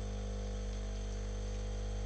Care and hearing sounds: daily activity, microphone in the room; make coffee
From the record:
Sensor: 4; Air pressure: 1008.2 hPa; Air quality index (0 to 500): 106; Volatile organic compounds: 1 ppm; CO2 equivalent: 787 ppm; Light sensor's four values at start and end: 10/22/9/9 and 10/22/9/9

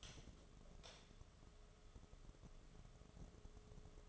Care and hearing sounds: daily activity, microphone in the room; light off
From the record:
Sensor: 4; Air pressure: 1011.1 hPa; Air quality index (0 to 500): 149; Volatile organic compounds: 3 ppm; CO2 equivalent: 1524 ppm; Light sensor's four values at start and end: 124/328/138/143 and 124/325/137/142

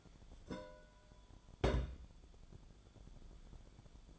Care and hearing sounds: daily activity, microphone in the room; place on stove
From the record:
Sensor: 5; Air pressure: 1010.1 hPa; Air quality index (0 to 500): 147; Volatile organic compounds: 3 ppm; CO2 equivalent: 1432 ppm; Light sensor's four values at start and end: 259/629/269/297 and 259/628/269/296

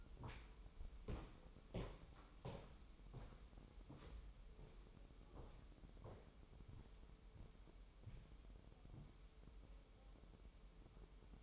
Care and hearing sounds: daily activity, microphone in the room; walk to room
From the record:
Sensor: 1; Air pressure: 988.3 hPa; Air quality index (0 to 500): 197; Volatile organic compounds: 1000 ppm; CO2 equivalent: 5293 ppm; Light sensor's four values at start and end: 26/96/36/38 and 26/97/37/39

